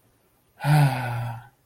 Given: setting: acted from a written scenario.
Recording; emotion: vocal sound without words; romantic love